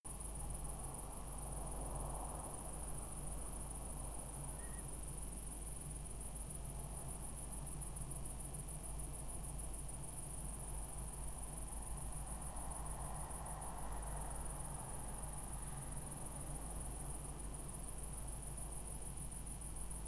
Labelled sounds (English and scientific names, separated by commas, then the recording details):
Black-crowned Night-Heron (Nycticorax nycticorax), unidentified animal sound, man-made sound
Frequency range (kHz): Black-crowned Night-Heron (Nycticorax nycticorax) 1.7-2.0 kHz
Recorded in France